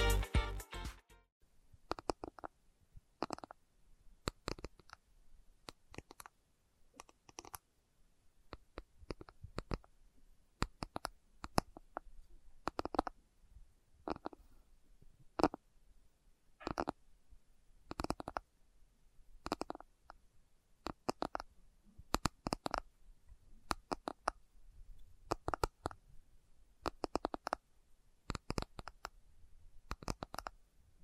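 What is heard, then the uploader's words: Slow tapping: sharp, separate taps sound one at a time, and a few fall in quick pairs. They keep a fairly regular pace of roughly one per second for the whole half minute. Between taps there is near silence with a faint low rumble. ASMR Slow Tapping for Deep Sleep (No Talking).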